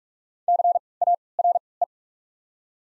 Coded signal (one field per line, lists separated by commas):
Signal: Morse code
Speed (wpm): 47 wpm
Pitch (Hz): 700 Hz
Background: none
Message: C A R E